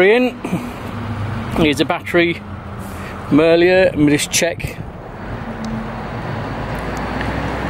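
An 18V lithium-ion battery pack for a Murray 18V Lithium-Ion IQ18HT cordless hedge trimmer is held and its charge level checked before it goes into the trimmer. Someone talks over steady background noise that sounds like a passing vehicle. The battery has not been clicked in yet.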